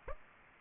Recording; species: mosquito wingbeat signal from an infrared sensor; Aedes aegypti